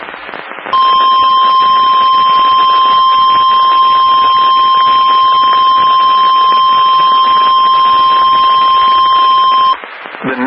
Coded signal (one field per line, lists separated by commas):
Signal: Emergency Alert System (SAME) tones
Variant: 1050 Hz attention tone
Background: speech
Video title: GA SVR EAS #684